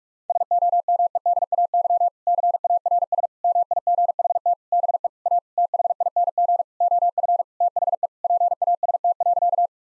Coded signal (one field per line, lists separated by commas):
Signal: Morse code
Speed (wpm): 46 wpm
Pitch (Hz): 700 Hz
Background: none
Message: SOMEDAY CARS MIGHT BE A THING OF THE PAST.